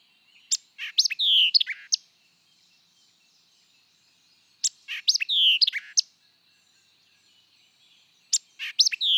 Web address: songs White-eyed Vireo